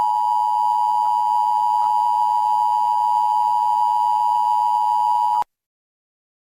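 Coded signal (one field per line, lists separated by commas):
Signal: Emergency Alert System (SAME) tones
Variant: 853 and 960 Hz attention tone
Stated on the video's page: Fictional EAS scenario alert for a tornado.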